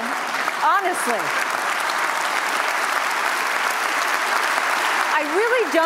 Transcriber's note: applause